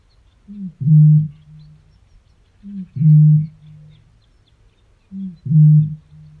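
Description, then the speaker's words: Eurasian bittern booming: three very deep, resonant booms, each introduced by a short grunting note, over a quiet background. Breeding-season booming, a very deep sound that can carry over a kilometre in the right conditions; likened to blowing over a milk bottle or a distant bellowing bull. "It's the booming of the bittern. It's a really, really deep sound."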